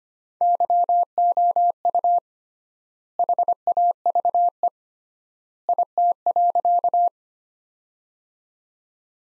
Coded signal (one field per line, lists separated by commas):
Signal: Morse code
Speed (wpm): 25 wpm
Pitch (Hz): 700 Hz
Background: none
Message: YOU HAVE IT.